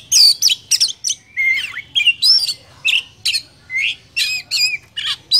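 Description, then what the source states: Oriental magpie-robin song: loud, varied whistled phrases mixed with scratchy notes, some rising and some falling, delivered in quick separate bursts. Lure sound used for bird trapping.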